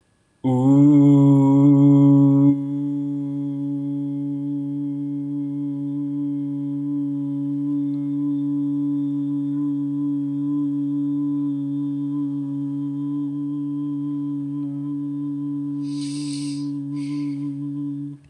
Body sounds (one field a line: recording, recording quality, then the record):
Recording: sustained vowel as in boot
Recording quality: excellent, no background noise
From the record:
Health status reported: healthy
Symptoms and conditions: none ticked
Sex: male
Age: 18 years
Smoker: not ticked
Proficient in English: yes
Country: India